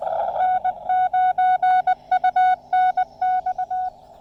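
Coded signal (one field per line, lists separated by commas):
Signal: Morse code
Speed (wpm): 20 wpm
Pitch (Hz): 740 Hz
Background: none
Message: N9UNX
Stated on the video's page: Lab599 Discovery TX-500 transceiver with MFJ-1984LP antenna, QRP portable activation on the Blue Ridge Parkway.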